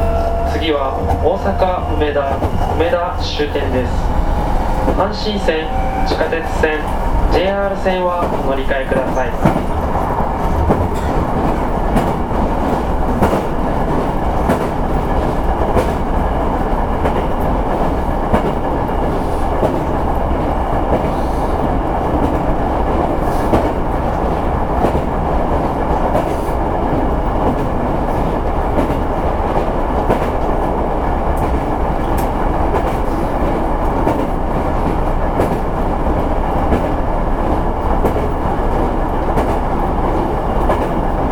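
Running sound of an electric express train, recorded from on board. For the first nine seconds or so, a whining motor tone climbs in pitch as the train gathers speed, then fades into a steady, dense low rumble of wheels and car noise that stays even to the end.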